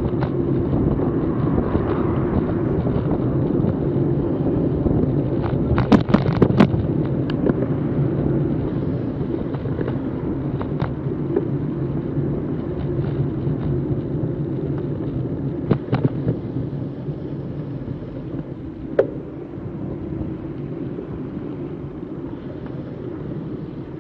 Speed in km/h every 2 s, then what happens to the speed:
24, 23, 21, 18, 17, 17, 16, 1, 8, 12, 10, 11.
0-14 slows to 1. 14-24 steady at about 10.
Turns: none.